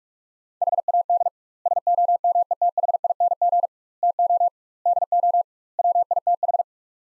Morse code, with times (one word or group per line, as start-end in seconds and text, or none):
0.6-1.3 HAD
1.7-3.7 SOMETHING
4.0-4.5 TO
4.9-5.4 DO
5.8-6.6 WITH